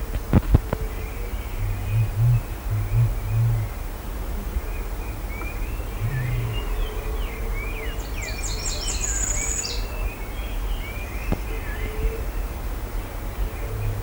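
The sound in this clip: Bird calls: a bright, fast high trill near the middle, preceded by a few short chirps and thin falling notes, with constant low-pitched background hum.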